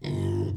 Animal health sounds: pig call; weaner (32 to 43 days)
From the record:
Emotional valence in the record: positive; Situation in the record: positive conditioning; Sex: female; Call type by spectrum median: low-frequency call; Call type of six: low-frequency stable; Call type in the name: low-frequency stable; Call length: 0.57 s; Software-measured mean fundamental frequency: 49 Hz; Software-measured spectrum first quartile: 112 Hz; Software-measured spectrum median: 211 Hz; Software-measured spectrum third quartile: 429 Hz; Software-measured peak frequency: 130 Hz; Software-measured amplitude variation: 150 dB a second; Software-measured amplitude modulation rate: 35.0 a second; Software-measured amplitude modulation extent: 4.3 dB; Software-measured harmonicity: -2.6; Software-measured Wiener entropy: -0.55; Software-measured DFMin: 1176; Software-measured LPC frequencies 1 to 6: 306, 2043, 3247, 3872, 5219, 6147 Hz

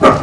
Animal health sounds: pig call; growing-finishing pig (85 days or more)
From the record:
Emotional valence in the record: positive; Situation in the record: run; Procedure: transit

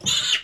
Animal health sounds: pig call; piglet (1 to 25 days)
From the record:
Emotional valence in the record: negative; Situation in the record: short isolation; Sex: female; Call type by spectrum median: high-frequency call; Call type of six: mixed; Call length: 0.44 s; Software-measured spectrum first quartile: 3001 Hz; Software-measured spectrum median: 3700 Hz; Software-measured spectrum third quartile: 5434 Hz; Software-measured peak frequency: 3537 Hz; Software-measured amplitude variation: 177 dB a second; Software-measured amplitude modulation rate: 12.5 a second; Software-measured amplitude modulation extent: 14.2 dB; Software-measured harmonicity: 4.3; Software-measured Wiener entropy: -2.33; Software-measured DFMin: 620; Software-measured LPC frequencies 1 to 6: 1503, 2042, 2910, 3550, 6902, 10659 Hz

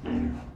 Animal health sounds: pig call; growing-finishing pig (85 days or more)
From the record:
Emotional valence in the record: negative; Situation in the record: barren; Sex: female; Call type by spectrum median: low-frequency call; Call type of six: low-frequency stable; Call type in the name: low-frequency stable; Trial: 1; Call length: 0.56 s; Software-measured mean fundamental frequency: 60 Hz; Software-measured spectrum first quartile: 165 Hz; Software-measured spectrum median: 250 Hz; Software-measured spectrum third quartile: 385 Hz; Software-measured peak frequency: 259 Hz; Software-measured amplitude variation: 159 dB a second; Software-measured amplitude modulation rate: 29.5 a second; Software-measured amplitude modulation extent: 5.4 dB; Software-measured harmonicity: 2.6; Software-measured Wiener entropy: -0.19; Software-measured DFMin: 865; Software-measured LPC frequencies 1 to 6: 272, 1752, 2457, 2909, 3755, 4612 Hz

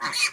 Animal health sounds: pig call; piglet (1 to 25 days)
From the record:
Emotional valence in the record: negative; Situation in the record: castration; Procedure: castration, fixation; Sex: male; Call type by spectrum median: high-frequency call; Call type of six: high-frequency stable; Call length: 0.33 s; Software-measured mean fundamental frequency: 235 Hz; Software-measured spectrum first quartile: 2084 Hz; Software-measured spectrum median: 3317 Hz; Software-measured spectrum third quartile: 5325 Hz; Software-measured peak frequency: 2450 Hz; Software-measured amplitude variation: 163 dB a second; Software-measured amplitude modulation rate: 10.8 a second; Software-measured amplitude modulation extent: 15.1 dB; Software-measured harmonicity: 3.2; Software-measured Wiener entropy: -2.22

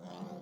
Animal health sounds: pig call; piglet (1 to 25 days)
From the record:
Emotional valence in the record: negative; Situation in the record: long isolation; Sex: male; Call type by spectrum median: low-frequency call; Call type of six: low-frequency modulated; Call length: 0.42 s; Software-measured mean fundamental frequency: 62 Hz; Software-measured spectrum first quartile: 202 Hz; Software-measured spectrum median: 408 Hz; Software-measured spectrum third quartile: 850 Hz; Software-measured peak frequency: 191 Hz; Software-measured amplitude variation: 157 dB a second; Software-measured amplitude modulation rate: 17.8 a second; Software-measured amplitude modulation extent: 8.8 dB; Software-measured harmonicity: 3.3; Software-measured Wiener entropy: -0.09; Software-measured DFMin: 1011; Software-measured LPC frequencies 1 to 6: 586, 3321, 4713, 6106, 6995, 10343 Hz

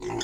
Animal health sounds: pig call; weaner (32 to 43 days)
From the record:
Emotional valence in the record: negative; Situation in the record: long isolation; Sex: female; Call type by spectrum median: low-frequency call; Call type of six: mixed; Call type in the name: high-frequency modulated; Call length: 0.24 s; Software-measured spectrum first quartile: 404 Hz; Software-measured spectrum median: 1107 Hz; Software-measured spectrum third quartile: 4346 Hz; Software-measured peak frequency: 361 Hz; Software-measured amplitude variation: 100 dB a second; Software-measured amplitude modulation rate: 20.8 a second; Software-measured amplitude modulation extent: 4.8 dB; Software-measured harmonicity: 4.4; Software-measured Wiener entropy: -3.45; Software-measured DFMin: 531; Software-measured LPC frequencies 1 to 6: 1935, 3473, 5191, 6315, 6801, 8149 Hz

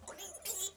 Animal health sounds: pig call; piglet (1 to 25 days)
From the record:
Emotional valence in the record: negative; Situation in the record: restrain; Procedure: back test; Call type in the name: high-frequency call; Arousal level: medium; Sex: male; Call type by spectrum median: high-frequency call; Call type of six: high-frequency stable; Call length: 0.77 s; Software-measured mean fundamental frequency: 320 Hz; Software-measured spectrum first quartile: 4062 Hz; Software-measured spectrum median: 7033 Hz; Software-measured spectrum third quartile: 8914 Hz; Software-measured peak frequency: 7421 Hz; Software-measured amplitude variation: 185 dB a second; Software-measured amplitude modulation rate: 16.9 a second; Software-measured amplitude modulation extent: 10.9 dB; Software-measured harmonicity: 4.6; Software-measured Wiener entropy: -2.30

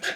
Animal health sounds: pig call; piglet (1 to 25 days)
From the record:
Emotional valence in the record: negative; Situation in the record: missed nursing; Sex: male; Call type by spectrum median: low-frequency call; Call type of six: low-frequency modulated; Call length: 0.15 s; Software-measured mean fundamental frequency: 163 Hz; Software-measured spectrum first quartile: 1429 Hz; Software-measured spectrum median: 2066 Hz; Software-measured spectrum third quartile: 3824 Hz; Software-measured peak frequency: 1625 Hz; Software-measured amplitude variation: 139 dB a second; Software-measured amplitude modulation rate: 16.5 a second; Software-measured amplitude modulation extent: 8.4 dB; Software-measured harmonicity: 0.7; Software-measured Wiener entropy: -1.21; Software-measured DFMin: 967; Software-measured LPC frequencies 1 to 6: 598, 1611, 2719, 3468, 4672, 5293 Hz

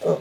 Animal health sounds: pig call; piglet (1 to 25 days)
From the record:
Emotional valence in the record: positive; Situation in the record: huddling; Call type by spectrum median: low-frequency call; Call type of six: low-frequency tonal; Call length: 0.20 s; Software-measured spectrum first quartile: 361 Hz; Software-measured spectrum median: 476 Hz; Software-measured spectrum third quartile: 600 Hz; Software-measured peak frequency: 433 Hz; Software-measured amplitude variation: 174 dB a second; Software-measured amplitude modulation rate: 22.2 a second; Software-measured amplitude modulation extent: 7.9 dB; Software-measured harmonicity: 4.8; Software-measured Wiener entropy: -0.81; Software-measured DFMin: 877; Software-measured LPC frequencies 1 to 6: 513, 1064, 2407, 3626, 4603, 5636 Hz

